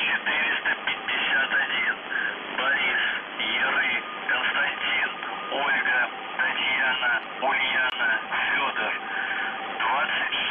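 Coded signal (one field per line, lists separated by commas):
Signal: numbers station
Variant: UVB-76, Russian voice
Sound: a voice reading a message over narrow shortwave radio audio, no buzzer heard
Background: radio static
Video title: The Buzzer/UVB-76(4625Khz) April 22, 2021 Voice messages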